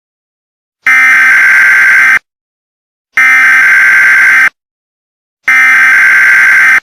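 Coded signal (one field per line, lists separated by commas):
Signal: Emergency Alert System (SAME) tones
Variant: header bursts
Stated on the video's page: Fictional EAS scenario about a deadly virus.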